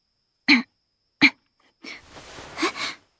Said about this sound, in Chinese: 下意识清了清嗓子，这才发现喉间那种异感不知不觉消失了。